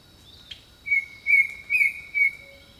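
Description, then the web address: Bird song: a series of four clear, level whistled notes over a steady high insect drone. Jungle birdsong. "Echoes of Nature - Jungle Talk Jungle Birdsong"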